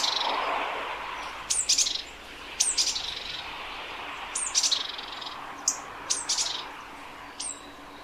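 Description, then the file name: Great tit calls: sharp high notes sweeping downward, given in scattered pairs and short groups over a soft background hiss. "Parus major"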